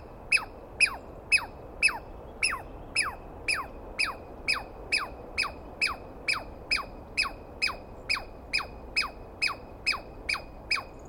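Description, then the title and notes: Douglas squirrel giving a rapid string of about twenty-three sharp, falling chirps, steady at around two per second. Dawn recording on 21 April 2017 in the East Cascades; a single screaming Douglas pine squirrel calling at length, identified by its sound rather than a clear sighting. "Interview With The Chipmunk. On the morning of 21 April, 2017, I set up my microphones and recorder for a nice dawn recording in the East Cascades. I was started awake by a screaming Douglas Pine Squirrel"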